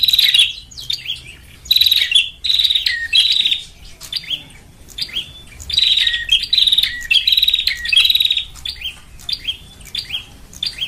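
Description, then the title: Lovebird chatter: repeated bursts of shrill, scratchy twittering, with fainter chirps between. Lure recording for trapping lovebirds (pikat). "PIKAT BURUNG LOVEBIRD"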